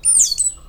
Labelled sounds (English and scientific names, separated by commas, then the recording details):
Stitchbird (Notiomystis cincta) song
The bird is a male
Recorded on Tiritiri Matangi Island, New Zealand, in 2005
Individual 17, of nest box 25